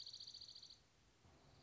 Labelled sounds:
Dark-eyed Junco
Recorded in Sonoma County, California

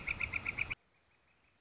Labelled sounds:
Northern Flicker
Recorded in Sonoma County, California

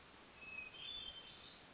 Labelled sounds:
Hermit Thrush
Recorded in Sonoma County, California

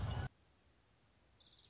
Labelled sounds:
Orange-crowned Warbler
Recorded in Sonoma County, California

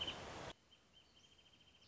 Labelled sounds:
Wrentit
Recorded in Sonoma County, California

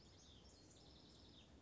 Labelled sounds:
House Wren
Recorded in Sonoma County, California

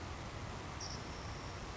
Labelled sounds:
Savannah Sparrow
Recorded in Sonoma County, California

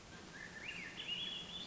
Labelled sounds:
Swainson's Thrush
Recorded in Sonoma County, California

